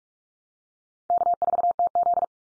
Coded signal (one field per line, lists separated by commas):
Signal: Morse code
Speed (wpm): 44 wpm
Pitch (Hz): 700 Hz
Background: none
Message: K4TZ